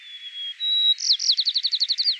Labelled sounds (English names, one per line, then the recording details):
White-crowned Sparrow song
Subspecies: nuttalli
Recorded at Inspiration Point, California, in 2013
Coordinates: 37.792, -122.459
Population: north
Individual presipR_13